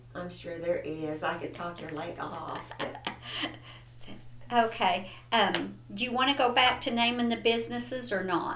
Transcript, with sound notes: I'm sure there is, I could talk your leg off.
(Laughter) Okay. Do you want to go back to naming the businesses or not?